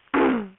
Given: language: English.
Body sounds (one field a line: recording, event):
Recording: throat vibration sensor signal played as sound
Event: throat clearing